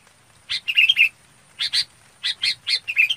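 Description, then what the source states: Red-whiskered bulbul calls, short bubbly warbled notes in small groups, bright and liquid. Calling the flock.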